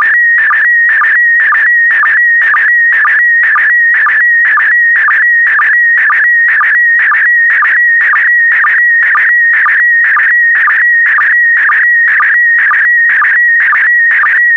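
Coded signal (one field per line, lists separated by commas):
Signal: SSTV (slow-scan television)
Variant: PD120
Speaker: get ready starting transmission in 5 4 3 2 1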